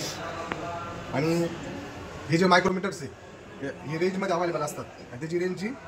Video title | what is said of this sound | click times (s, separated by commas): How to use outside Micrometer | याला lock म्हणतात ठीक आहे याला लॉक म्हणतात हे लॉक लॉक होतं | 0.5 s